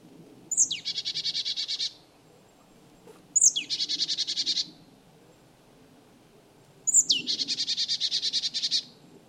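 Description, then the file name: Marsh tit call: a sharp, high downslurred note followed by a fast buzzy chatter of repeated notes, given three times over low background noise. "Poecile palustris"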